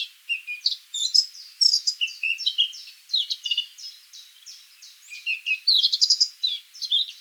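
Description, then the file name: Eurasian blackcap song, a dense, continuous scratchy warble of varied chattering notes with several louder bursts. "Sylvia atricapilla"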